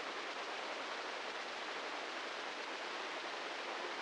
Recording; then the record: brain microelectrode recording played as sound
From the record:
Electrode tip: inside the subthalamic nucleus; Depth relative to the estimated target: -2 mm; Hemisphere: right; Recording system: NeuroSet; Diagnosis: Parkinson's disease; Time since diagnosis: 15 years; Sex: male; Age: 65 years